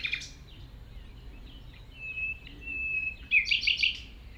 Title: 195 Rue de Vars, 73310 Chindrieux, France - approche d'un rossignol